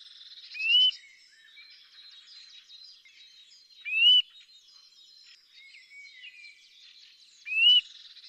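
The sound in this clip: Eurasian nuthatch calls, three clear rising whistles spaced a few seconds apart, with faint twittering of other birds in the background.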